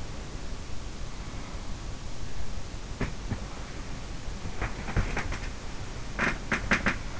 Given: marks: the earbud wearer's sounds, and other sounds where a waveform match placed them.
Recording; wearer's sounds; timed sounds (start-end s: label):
sounds in sleep by an in-ear microphone; teeth grinding
2.81-7.20 s: teeth grinding